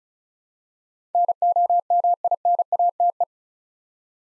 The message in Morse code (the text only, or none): NOMINATE